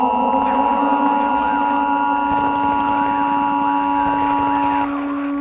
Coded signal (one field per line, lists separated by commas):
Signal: Emergency Alert System (SAME) tones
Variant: 853 and 960 Hz attention tone